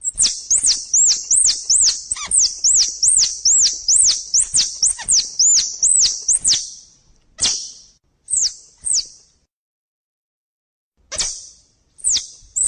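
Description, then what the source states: Squirrel chattering calls: a rapid run of high, arched chirps for several seconds, then scattered single chirps after a pause. Thailand.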